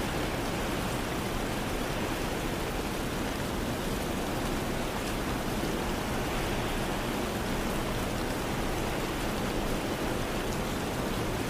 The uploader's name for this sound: Rain And Wind Sounds